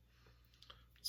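An alternate head is pushed onto the neck peg of a plastic wrestling action figure, with a couple of small plastic ticks near 0.6 and 0.7 seconds against a quiet background. The head pops on with a loud click at 1.1 seconds, seating it.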